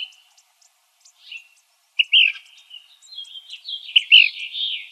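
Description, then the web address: Cassin's kingbird calls, a few quiet notes, then a run of louder harsh, burry chattering notes over the final three seconds. Arizona, 2004-08-07. "Flycatchers AZFO CAKI CALLS 040807. deviche"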